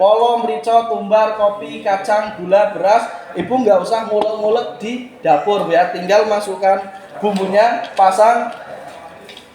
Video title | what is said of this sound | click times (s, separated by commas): Demo Produk Vaganza - MULTIFUNCTION FOOD PROCESSOR | kunci seperti ngunci Blender sampai berbunyi klik ya Nah seperti ini | 9.3 s, 9.4 s